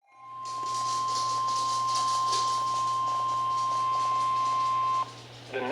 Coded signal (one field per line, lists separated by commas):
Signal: Emergency Alert System (SAME) tones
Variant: 1050 Hz attention tone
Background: speech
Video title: (EAS #475) Severe Thunderstorm Warning (KEC56)